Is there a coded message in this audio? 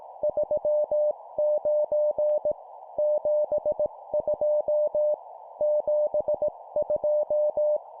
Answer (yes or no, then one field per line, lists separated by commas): yes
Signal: Morse code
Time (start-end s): 0.2-7.8 s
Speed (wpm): 18 wpm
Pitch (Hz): 600 Hz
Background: none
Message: 39 72 72